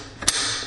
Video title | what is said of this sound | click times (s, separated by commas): AR-15 Field Strip | and that locks into place | 0.3 s